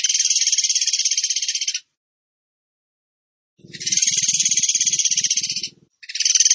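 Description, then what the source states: Bird song: long, fast, pulsed trills of high buzzy notes with silent pauses between them. A low rumbling sound runs under the second trill. Masteran training song of a singing bird in the tembakan gacor style.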